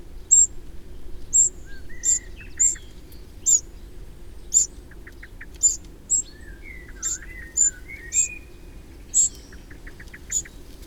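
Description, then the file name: Eurasian wren calling with hard, high clicks roughly once a second, while other birds add soft whistles and quick short notes in the background. "Troglodytes troglodytes"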